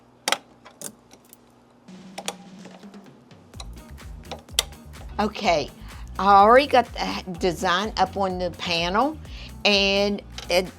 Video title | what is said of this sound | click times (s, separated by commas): CAP Embroidery Step by Step Using the CREATOR | and you'll hear 3 clicks. | 0.3 s, 2.3 s, 4.6 s